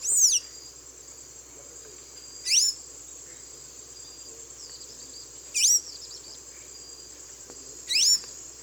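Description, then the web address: Blue-gray tanager calls: four thin, sharp notes that sweep steeply upward, spaced a few seconds apart, over a steady high insect drone. Calls and song from the eastern lowlands of South America. "Natures Songs S America Eastern Lowlands. Thraupis episcopus, calls and song"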